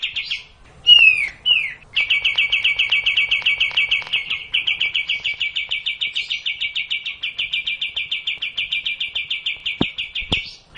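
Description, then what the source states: Cililin song: a few swooping whistles, then a long unbroken train of rapid, uniform high notes lasting several seconds. Kapas tembak song style.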